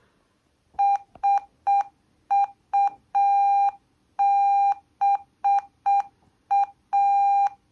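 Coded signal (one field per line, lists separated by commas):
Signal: Morse code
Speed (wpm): 6 wpm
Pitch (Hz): 800 Hz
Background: none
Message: SUBA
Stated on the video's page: Morse code sent by software.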